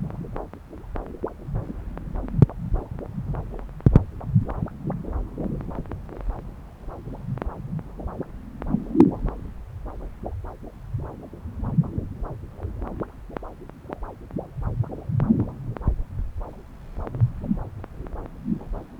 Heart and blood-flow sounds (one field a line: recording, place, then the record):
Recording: Doppler ultrasound of blood flow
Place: right subclavian vein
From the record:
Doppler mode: continuous wave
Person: adult scuba diver, at rest before a dive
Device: O'Dive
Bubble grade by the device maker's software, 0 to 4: 3